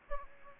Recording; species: mosquito wingbeat signal from an infrared sensor; Aedes aegypti